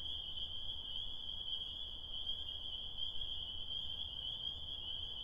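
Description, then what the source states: Spring peepers calling together, their high piping notes blending into one continuous steady shrill drone for the whole stretch. Tiny frogs singing their desire on a spring night, heard while stopping on the way home from Connecticut.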